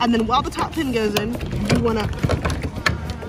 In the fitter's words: and you'll see oh it didn't go into place that's gonna happen nine or ten times before you really get it in